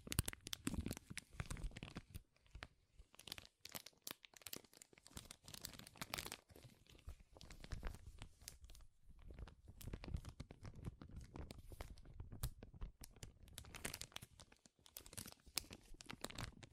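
Powerful crinkling, dense bursts of rustling and crackling packed tightly across the whole seventeen seconds. The sound is bright and scratchy with a heavy low thump underneath, brief near-silent gaps around two and six seconds, and sharp tearing-like snaps throughout.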